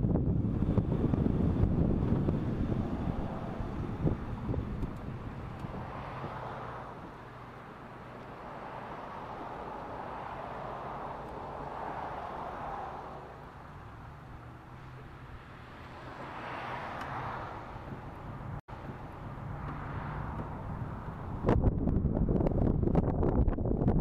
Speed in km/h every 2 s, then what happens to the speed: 22, 20, 10, 0, 0, 0, 0, 0, 0, 6, 11, 11.
0-6 brakes to 0. 6-16 standing. 16-24 pulls away to 11.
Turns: 17-24.